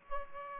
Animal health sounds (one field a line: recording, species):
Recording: mosquito wingbeat signal from an infrared sensor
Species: Aedes aegypti